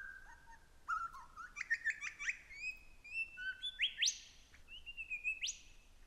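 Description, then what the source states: Superb lyrebird singing: a rich run of varied whistles and sharp upward sweeps. Wild male singing while standing on a fallen tree trunk about 3 feet off the ground, with two females nearby, in dense forest near the southeastern corner of Australia.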